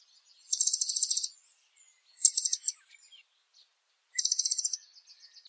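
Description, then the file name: Blue dacnis singing three high, thin, buzzy bursts with a brief squeaky note between the second and third, separated by silent gaps. "Canto do Sai azul"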